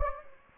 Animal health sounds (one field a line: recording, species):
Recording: mosquito wingbeat signal from an infrared sensor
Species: Anopheles gambiae